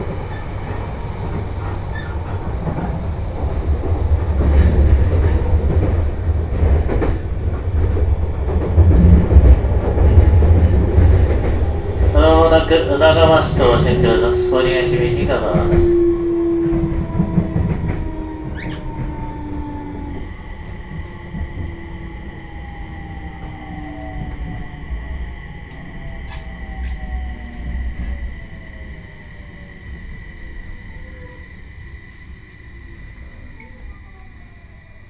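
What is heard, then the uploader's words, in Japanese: A Joban Line train rumbles and rattles steadily, with a voice near twelve seconds and long whining tones sliding downward as it slows. 鉄道旅 常磐線 仙台→浜吉田。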